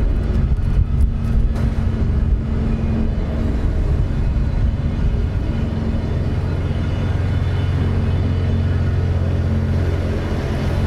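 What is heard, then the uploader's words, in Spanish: A city street soundscape in a Barcelona neighbourhood, dominated by a steady low rumble of passing traffic. A vehicle engine hums with a sustained low drone through most of the recording, while brief brighter noises flicker in the first two seconds. Industrial noises intermingle and blend into each other. Human voices weaken, only those invisible but constant sounds appear daily. Paisaje Sonoro de un sector del Barrio Sant Marti: Josep Pla entre Pere IV y Carrer Marroc-. Ciudad de Barcelona.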